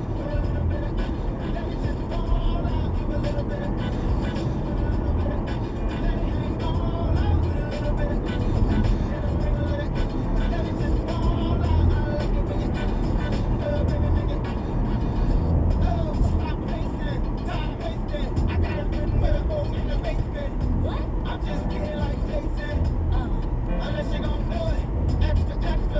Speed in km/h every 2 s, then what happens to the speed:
64, 66, 68, 69, 71, 72, 71, 69, 66, 66, 64, 64, 66.
0-10 speeds up to 72. 10-18 slows to 66. 18-26 steady at about 64.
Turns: none.